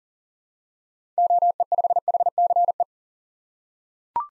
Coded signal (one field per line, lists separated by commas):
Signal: Morse code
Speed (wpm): 40 wpm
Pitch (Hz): 700 Hz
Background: none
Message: OE5HCE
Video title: 2023 SOTA Activator Call Signs - 40wpm